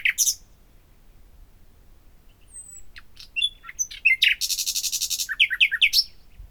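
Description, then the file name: Common nightingale song opening with a sharp burst, then faint whistles building to a fast, rattling trill and a string of rich down-slurred notes. "Luscinia megarhynchos"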